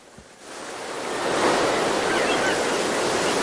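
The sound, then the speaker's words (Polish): Sea waves wash onto the shore at the Polish seaside during a June long weekend, in a steady, broad roar that swells up after a quieter first half-second, then holds loud and continuous with a hissing, windy texture. “Szum morza, śpiew ptaków i tłumy turystów.”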